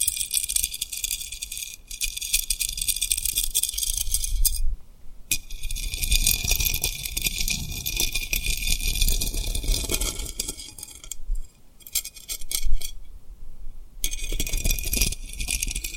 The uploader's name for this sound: Tapping & Rubbing Rhinestone Lip Triggers